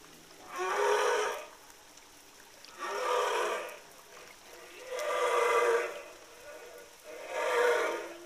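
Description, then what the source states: Humpback whale song units: four rough, breathy roaring moans, each about a second long, repeated roughly every two seconds. Humpback whale song from the southern Indian Ocean.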